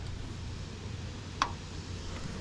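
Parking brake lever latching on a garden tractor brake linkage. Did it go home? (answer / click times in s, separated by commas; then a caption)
yes / 1.4 s. On a 1970s Cub Cadet garden tractor, the parking brake lever is moved with the brake pedal pushed all the way down. It latches into the set position with a single sharp metallic click at 1.4 s. The click stands out over a steady low background hum, and the parking brake locks in place.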